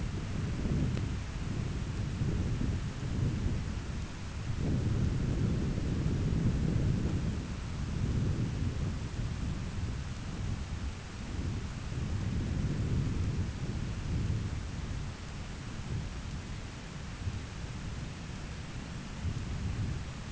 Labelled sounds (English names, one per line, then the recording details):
none
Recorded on Arctic tundra, site ZACK-1, on 13 June 2019
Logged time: 09:49